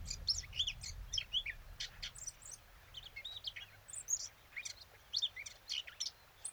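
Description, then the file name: Eurasian blackcap song, an uneven run of whistled and chipping notes over a low rumbling background hum. "Sylvia atricapilla"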